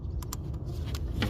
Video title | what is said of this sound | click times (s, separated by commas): Chevy Cobalt SS troubleshooting a misfire (after engine replacement) | we go I heard it click and | 0.3 s